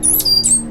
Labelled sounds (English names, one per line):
Stitchbird song